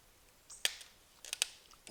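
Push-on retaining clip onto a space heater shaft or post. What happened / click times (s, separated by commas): The push-on clip clicked onto the shaft / 0.6 s, 1.4 s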